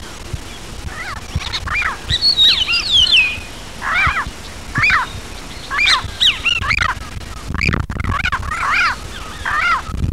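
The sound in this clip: A bird gives repeated arched, slurred calls, some higher and thinner squeals mixed in, in short bursts through the whole stretch.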